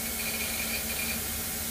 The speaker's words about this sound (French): Le ventilateur, le disque dur qui gratte. Le lecteur de disquette aussi.